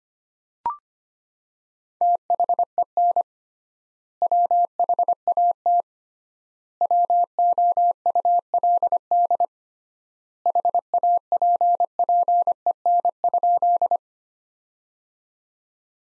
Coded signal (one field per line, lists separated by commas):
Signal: Morse code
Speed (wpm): 25 wpm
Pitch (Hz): 700 Hz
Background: none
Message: THEN WHAT WOULD HAPPEN?